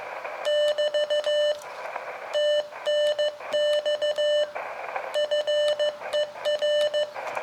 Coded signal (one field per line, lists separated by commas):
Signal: Morse code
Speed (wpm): 15 wpm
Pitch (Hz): 600 Hz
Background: none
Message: <BT> TNX FER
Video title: Dayton Hamvention 2017 My Adventure Experience Video 1 of 2